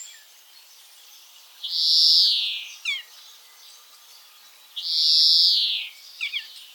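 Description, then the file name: European greenfinch giving long, nasal, buzzy wheezes, each about a second, twice, each followed by a few short twittering notes. "Chloris chloris"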